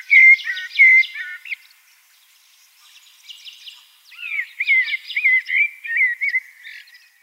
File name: Eurasian Blackbird